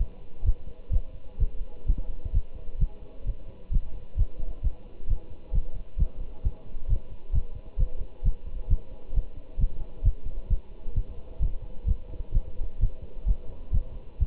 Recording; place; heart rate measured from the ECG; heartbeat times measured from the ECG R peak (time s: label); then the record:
heart sounds by stethoscope; between the tricuspid and mitral areas; 131 bpm
0.46 s: heartbeat
0.93 s: heartbeat
1.40 s: heartbeat
1.88 s: heartbeat
2.34 s: heartbeat
2.81 s: heartbeat
3.27 s: heartbeat
3.73 s: heartbeat
4.18 s: heartbeat
4.64 s: heartbeat
5.09 s: heartbeat
5.54 s: heartbeat
5.99 s: heartbeat
6.45 s: heartbeat
6.90 s: heartbeat
7.35 s: heartbeat
7.80 s: heartbeat
8.25 s: heartbeat
8.70 s: heartbeat
9.16 s: heartbeat
9.60 s: heartbeat
10.05 s: heartbeat
10.51 s: heartbeat
10.96 s: heartbeat
11.42 s: heartbeat
11.88 s: heartbeat
12.35 s: heartbeat
12.81 s: heartbeat
13.27 s: heartbeat
13.74 s: heartbeat
14.21 s: heartbeat
From the record:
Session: Bruce protocol treadmill stress test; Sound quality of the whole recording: good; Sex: male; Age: 25 years